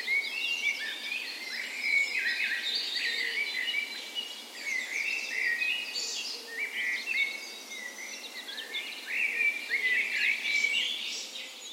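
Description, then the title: Birds singing at dawn, a busy mix of high chirps, trills and whistled notes from several singers overlapping throughout. Spring dawn chorus on the morning of 17 May, Norway's National Day, in a park west in Bergen, Norway; recorded with a Sony PCM A10 and LOM micro Usi mics as tree ears. "17th Of May Dawn Chorus"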